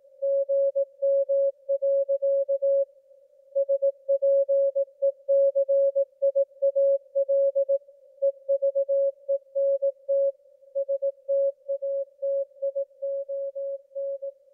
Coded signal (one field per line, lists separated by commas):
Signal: Morse code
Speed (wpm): 18 wpm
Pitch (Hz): 550 Hz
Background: music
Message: GM. SPECIAL EVENT STATION